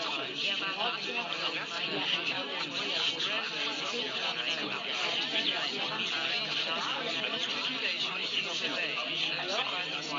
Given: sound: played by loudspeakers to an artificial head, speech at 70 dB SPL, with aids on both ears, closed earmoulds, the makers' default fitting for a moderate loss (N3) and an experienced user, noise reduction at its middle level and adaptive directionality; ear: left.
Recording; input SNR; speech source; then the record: speech test signal (ISTS) in cocktail-party noise; -6 dB; on the right (90 degrees)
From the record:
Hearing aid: class 1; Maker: G